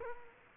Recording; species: mosquito wingbeat signal from an infrared sensor; Culex quinquefasciatus